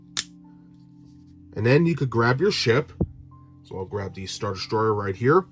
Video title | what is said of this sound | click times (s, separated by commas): Hot Wheels Star Wars Starships Select #10 Imperial Star Destroyer Review | and this snaps in like so. You're gonna hear a click. | 0.2 s